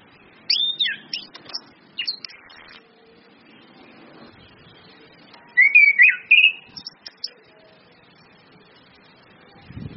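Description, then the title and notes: Orange-headed thrush song: a few short sharp whistled bursts, then after a pause a longer rolling, looping whistled phrase. Indonesian bird-training lure recording of anis kembang in ngeplong song style, mixed with female whistles (suitan betina), meant to make birds sing vigorously (gacor); used as masteran tutor audio. "Anis Kembang 5. PANCINGAN anis kembang ngeplong dan SUITAN BETINA. Masteran Anis Kembang"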